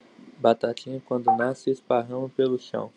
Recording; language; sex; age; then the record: short text; Brazilian Portuguese; male; 20 to 29 years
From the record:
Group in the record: control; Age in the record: 23 years